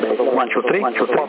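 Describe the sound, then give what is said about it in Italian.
A thin, band-limited CB radio voice counts during a test through a digital echo unit with speed and repetition controls, set slow. Each syllable repeats and overlaps itself, so the words blur into a steady, smeared, fairly loud stream, while the echo leaves the tone clean and unaltered. “No, c'è di buono che non ti sporca la modulazione, è pulito, la ripetizione, non è un buon eco, c'è un bel eco digitale, non è quelli che ti modificano le tonalità, è uguale e ti fa bella ripetizione.”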